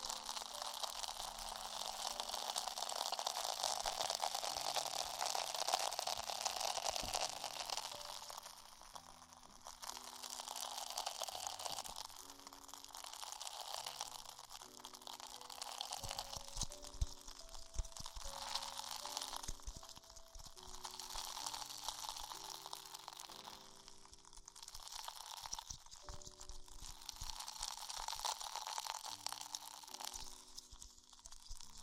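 Tingly ear exploration sounds: dense, crisp rustling and crinkling that swells and fades in waves every few seconds, with brief quieter dips near 9, 15 and 23 seconds. Soft, steady low tones hum underneath throughout.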